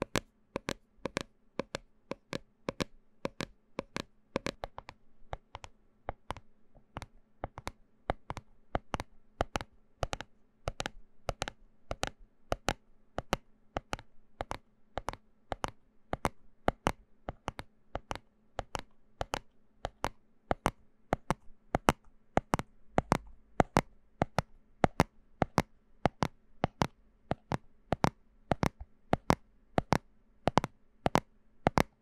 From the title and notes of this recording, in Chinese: 瓶瓶罐罐的撞擊.敲擊.抓撓。無人聲。